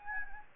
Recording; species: mosquito wingbeat signal from an infrared sensor; Anopheles gambiae